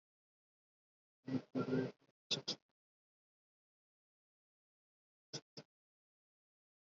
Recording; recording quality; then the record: counting at a fast pace; poor, much background noise or distortion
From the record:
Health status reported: respiratory illness, not identified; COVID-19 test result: negative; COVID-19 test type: RT-PCR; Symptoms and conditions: cough, fever, fatigue, muscle pain, asthma, ischaemic heart disease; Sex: male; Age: 35 years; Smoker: no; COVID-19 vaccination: both doses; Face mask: worn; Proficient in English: yes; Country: India